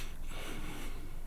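An 80-kilogram St Bernard dog named Django snoring about 10 centimetres from the microphone, with low, rumbling breaths.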